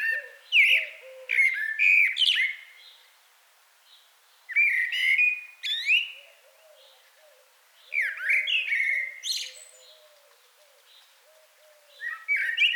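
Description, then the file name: Common blackbird singing four rich whistled phrases with squeaky high endings, roughly every three to four seconds, with low soft hoots repeating between them. "Turdus merula"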